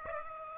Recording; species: mosquito wingbeat signal from an infrared sensor; Aedes aegypti